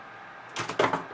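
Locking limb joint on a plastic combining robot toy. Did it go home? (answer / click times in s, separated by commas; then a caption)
no / none. Someone presses a locking ratchet joint on a large plastic combining robot toy back in while holding the release button, making rustling plastic handling noise. The joint is not seated properly and the part comes out with a sharp plastic knock at about 0.8 s, because it wasn't done right, so nothing has seated or clicked into place yet.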